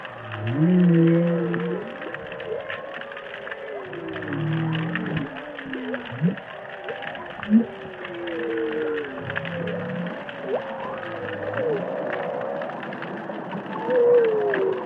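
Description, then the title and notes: Humpback whale song, repeated low groaning units with harmonic tones and swooping higher cries, each phrase returning every few seconds amid continuous underwater noise. Humpback whales singing and calling, recorded underwater in the Indian Ocean. "underwater recordings of humpback whales singing and calling in the Indian Ocean"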